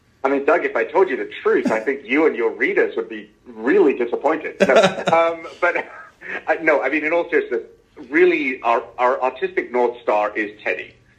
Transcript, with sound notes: I mean, Doug, if I told you the truth, I think you and your readers would be really disappointed. (laughs) No, I mean, in all seriousness, really our artistic North Star is Teddy.